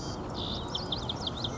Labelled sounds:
Common Yellowthroat (Geothlypis trichas)
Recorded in Sonoma County, California

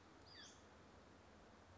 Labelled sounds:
Western Flycatcher (Empidonax difficilis)
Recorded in Sonoma County, California

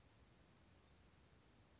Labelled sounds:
Bewick's Wren (Thryomanes bewickii)
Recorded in Sonoma County, California

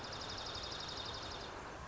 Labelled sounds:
Dark-eyed Junco (Junco hyemalis)
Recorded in Sonoma County, California

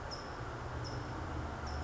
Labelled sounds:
California Towhee (Melozone crissalis)
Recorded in Sonoma County, California

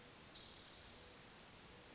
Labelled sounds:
Spotted Towhee (Pipilo maculatus)
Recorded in Sonoma County, California

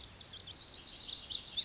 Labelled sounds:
Lazuli Bunting (Passerina amoena)
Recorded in Sonoma County, California

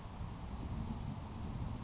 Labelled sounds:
Grasshopper Sparrow (Ammodramus savannarum)
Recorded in Sonoma County, California

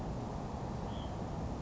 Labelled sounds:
Hutton's Vireo (Vireo huttoni)
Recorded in Sonoma County, California

